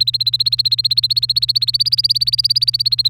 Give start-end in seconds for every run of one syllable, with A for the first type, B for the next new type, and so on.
0.00-3.09 A